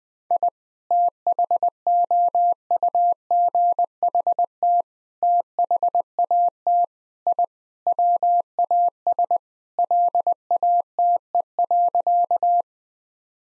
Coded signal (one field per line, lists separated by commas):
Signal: Morse code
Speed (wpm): 20 wpm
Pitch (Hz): 700 Hz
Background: none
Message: I THOUGHT THAT I WAS LATE.